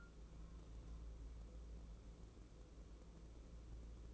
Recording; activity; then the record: daily activity, microphone in the room; take from stove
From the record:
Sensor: 1